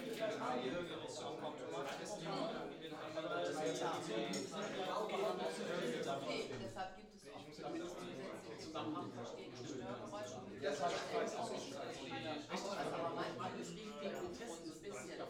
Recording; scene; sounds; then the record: everyday scene through a hearing-aid microphone; many people talking; many voices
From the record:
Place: bistro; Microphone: in the ear canal, left